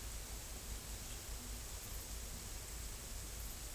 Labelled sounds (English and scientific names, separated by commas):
none